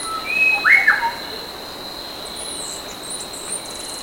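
Bird calling with a brief burst of sweeping whistled notes that rise and fall, followed by fainter high notes, over a steady high hum.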